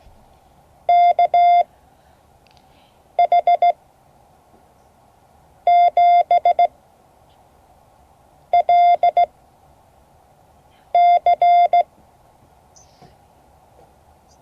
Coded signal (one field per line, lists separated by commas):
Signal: Morse code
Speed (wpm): 16 wpm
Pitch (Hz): 700 Hz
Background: none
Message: KH7LC